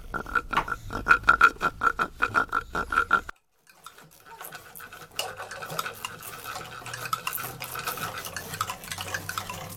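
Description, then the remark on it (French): Piglets on a farm jostle over food with a rapid, rhythmic run of short squealing grunts, then a brief silence gives way to busy rustling, snuffling and a steady low hum. “Les petits cochons se disputaient pour manger.”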